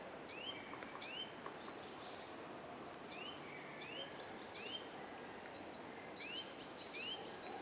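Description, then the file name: Great tit singing bright, high-pitched paired notes in three quick bursts, each burst repeating the same sharp phrase, with soft background noise. "Parus major"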